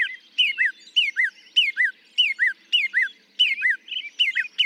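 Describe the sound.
Northern mockingbird song, a paired whistled phrase repeated steadily throughout.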